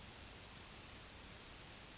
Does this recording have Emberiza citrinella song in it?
no